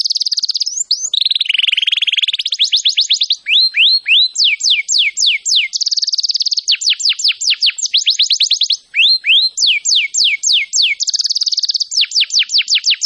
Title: Kenari Gacor